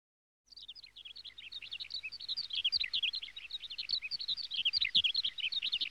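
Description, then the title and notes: Small birds chirping, a dense stream of short high twittering notes starting after half a second of silence and carrying on without pause. Small birds, from an NHK sound effects collection. "NHK効果音集 波・川・小鳥"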